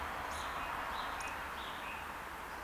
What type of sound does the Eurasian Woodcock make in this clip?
whistle